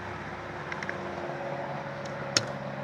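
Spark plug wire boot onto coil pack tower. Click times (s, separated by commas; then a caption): 2.4 s. A spark plug wire boot is pushed back onto a coil pack tower after a coil pack change on a Cadillac Northstar, over a steady low hum with a few faint ticks around 0.7 to 0.9 seconds. A sharp click at 2.4 seconds marks the boot clipping in and seating on the tower.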